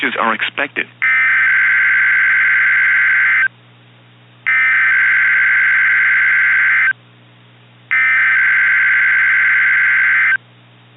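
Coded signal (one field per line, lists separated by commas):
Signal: Emergency Alert System (SAME) tones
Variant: header bursts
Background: speech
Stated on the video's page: Fictional EAS scenario.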